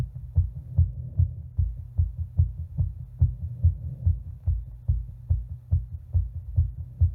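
Regular, rapid low-pitched heartbeats of an adult heart at about 145 beats a minute, each a dull thump with an even rhythm, heard through a stethoscope. A faint low hum runs underneath. The rate is fast for an adult.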